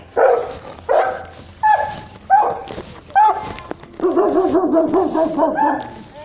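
A dog gives about five sharp, high barks in a steady rhythm, then breaks into a continuous wavering, pitch-bending whimper that lasts to the end.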